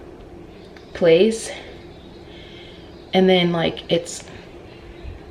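Someone talks while handling the fold latch on a baby stroller frame, a mechanism that takes more force to pull than on the other model. Only speech and faint handling noise are heard, with no sharp click. Nothing has seated or locked yet.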